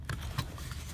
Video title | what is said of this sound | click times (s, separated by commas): 2014 Ford Fusion el asiento del conductor no funciona. | lo que hacemos conectamos bien hasta que encaje y haga el tope Okay | 0.1 s